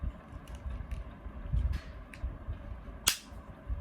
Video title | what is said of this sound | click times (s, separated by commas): Unboxing DIGITEK GoCam DAC 101 | ये lock हो गया, इस | 3.1 s